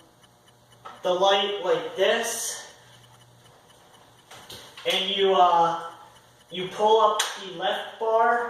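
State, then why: Not seated. Someone talks while the left support bar of a Streamlight jobsite worklight is being pulled up, a folding bar meant to lock into the worklight frame. Brief handling noises are heard around 0.9 s and between 4.3 and 4.5 s. The bar has not yet locked into place, and nothing has clicked or seated.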